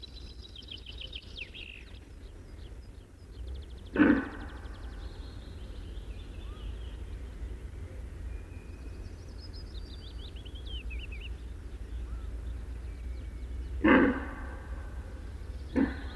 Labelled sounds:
Red Deer (Cervus elaphus)

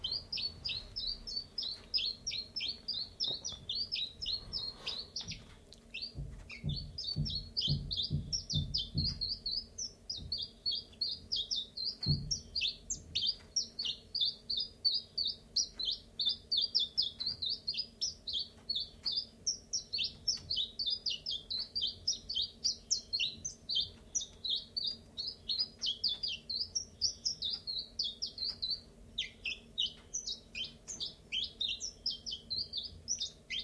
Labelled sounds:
Common Chiffchaff (Phylloscopus collybita)

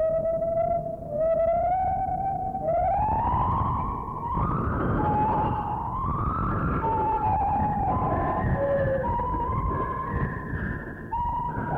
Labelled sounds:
Lar Gibbon (Hylobates lar)

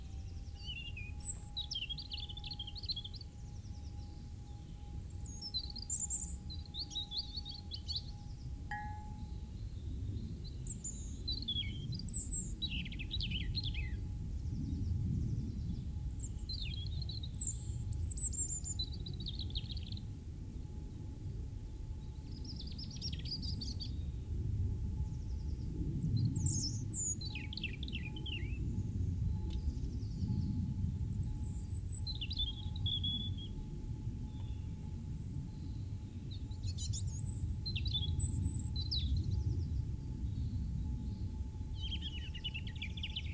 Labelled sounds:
European Robin (Erithacus rubecula) song

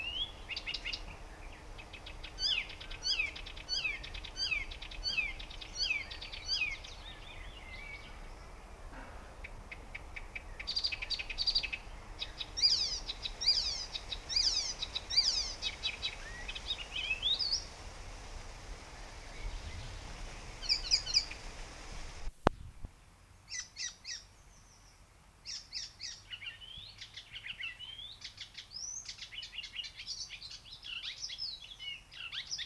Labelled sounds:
Icterine Warbler (Hippolais icterina)

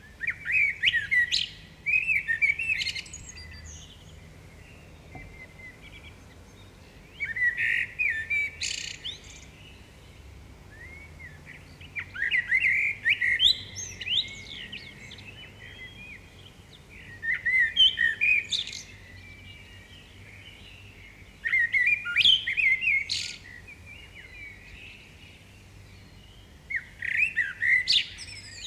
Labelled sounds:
Common Blackbird (Turdus merula) song

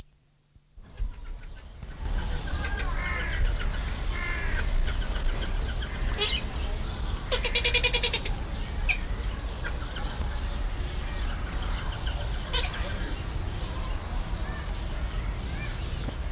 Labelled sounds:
Blue-billed Teal (Anas hottentota) call

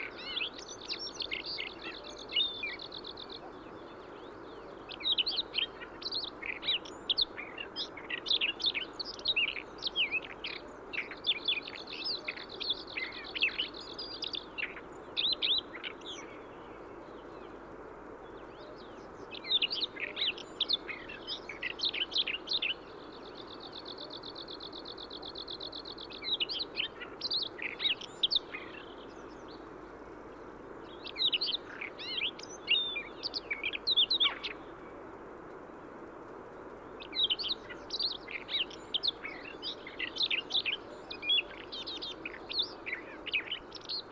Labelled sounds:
Siberian Rubythroat (Luscinia calliope) song

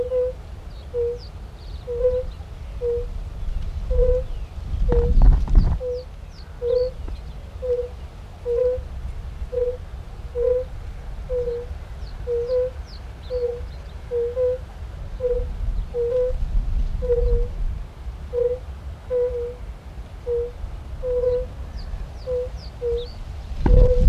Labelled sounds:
Fire-Bellied Toad (Bombina bombina) call

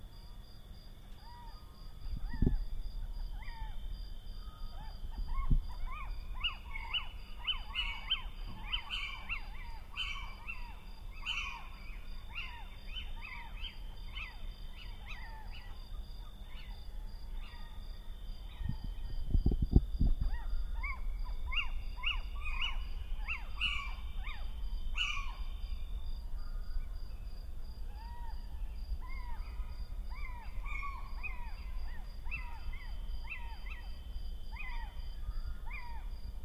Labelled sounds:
Little Owl (Athene noctua) call

